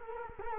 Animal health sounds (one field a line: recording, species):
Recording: mosquito wingbeat signal from an infrared sensor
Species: Culex quinquefasciatus